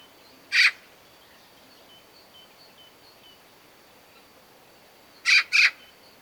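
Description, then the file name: Eurasian magpie giving one harsh, scratchy chak, then a pause of nearly five seconds before a quick rasping double note. "Pica pica"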